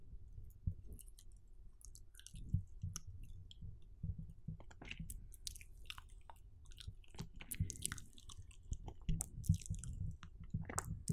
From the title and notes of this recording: High Intensive Binaural MOUTH SOUNDS EXTREME Relaxation.